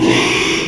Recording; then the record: squeal of a Yucatan mini pig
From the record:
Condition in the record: after surgery on the right vocal fold (resection and tissue-engineered implant); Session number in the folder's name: 1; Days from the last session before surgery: 6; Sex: male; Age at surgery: 12 weeks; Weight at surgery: 13 kg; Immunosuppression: cyclosporine, prednisolone